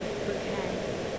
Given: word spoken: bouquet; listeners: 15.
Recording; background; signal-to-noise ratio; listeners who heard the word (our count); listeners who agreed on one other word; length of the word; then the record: one English word in noise, from a listening test; speech-shaped noise; -6.5 dB; 2 of 15; 7 of 15; 0.79 s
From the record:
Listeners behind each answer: 7, 2, 2, 1, 1, 1, 1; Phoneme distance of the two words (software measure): 61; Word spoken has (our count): 2 syllables, 4 phonemes, stress on syllable 2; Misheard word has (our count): 2 syllables, 7 phonemes, stress on syllable 2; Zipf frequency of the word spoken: 3.31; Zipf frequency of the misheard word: 4.38